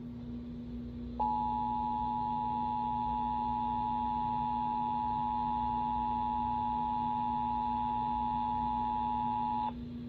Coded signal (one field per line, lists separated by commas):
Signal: Emergency Alert System (SAME) tones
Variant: 853 and 960 Hz attention tone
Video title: June 2024 Texas Required Monthly Test (EAS #637-645)